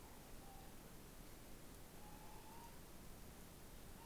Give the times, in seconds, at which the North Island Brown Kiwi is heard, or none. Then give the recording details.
none. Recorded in New Zealand on 16 November 2013. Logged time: 22:29. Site BS16